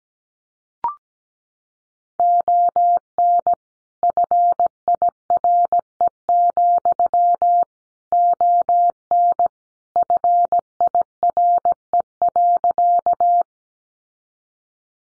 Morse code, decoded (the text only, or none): ON FIRE, ON FIRE.